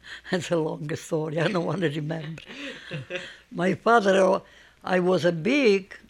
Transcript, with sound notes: that's a long story. I don't want to remember. ( they laugh ) My father, I was big,